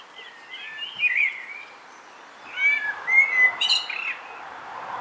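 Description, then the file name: Common blackbird song: a mellow warbled phrase near one second, then a second fluting phrase ending in high squeaky twitters around three to four seconds. "Turdus merula"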